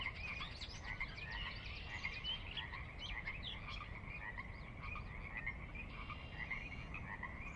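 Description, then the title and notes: Pacific chorus frogs in a busy chorus of repeated croaks that overlap constantly, set against a low steady rumble. Chorus on the valley floor of Sinlahekin Valley, Sinlahekin Wildlife Area, Washington, a glacier-dug trench near the Cascades' northeastern slope; recorded at dusk; frogs described as ever-present. "Sinlahekin Valley dusk. the ever-present Pacific Chorus Frogs that are a fixture of the Northwest Soundscape"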